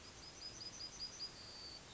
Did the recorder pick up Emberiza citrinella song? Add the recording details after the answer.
yes. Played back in forest. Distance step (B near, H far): G. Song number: 110